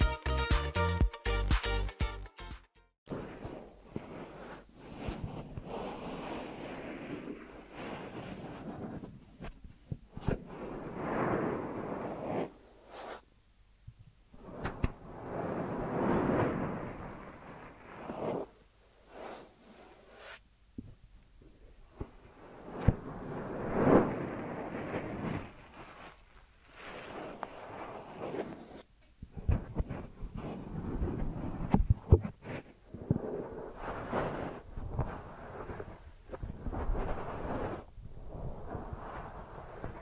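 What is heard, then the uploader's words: Deep ear massage sounds: dense, rubbing and rustling noise that swells and fades in uneven strokes every few seconds, rich in low rumble with brushy upper detail. A brief burst of rapid crackling opens the first three seconds, and short quieter pauses break the strokes. ASMR Deep Ear Massage for Sleep(No Talking).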